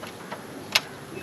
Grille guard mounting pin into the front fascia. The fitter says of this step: two pins you'll hear a click there